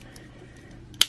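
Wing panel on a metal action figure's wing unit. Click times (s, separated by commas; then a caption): 1.0 s. A wing panel on the metal wing unit of a Metal Build Strike Freedom Gundam action figure is opened up until it reaches its first click stop, showing its gold detail. Faint small ticks over a quiet background lead to a single sharp, bright click at 1.0 s as the panel seats open in place.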